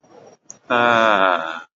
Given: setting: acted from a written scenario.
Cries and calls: vocal sound without words; serenity

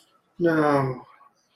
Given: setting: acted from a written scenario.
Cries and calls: vocal sound without words; sadness

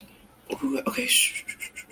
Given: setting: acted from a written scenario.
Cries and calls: vocal sound without words; sympathy

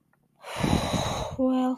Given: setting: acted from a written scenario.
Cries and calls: vocal sound without words; relief

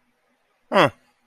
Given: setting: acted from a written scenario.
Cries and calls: vocal sound without words; neutral

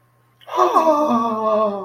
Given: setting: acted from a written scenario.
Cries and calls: vocal sound without words; fear

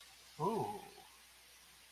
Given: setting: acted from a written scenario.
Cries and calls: vocal sound without words; interest

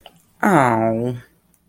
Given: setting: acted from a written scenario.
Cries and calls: vocal sound without words; disappointment

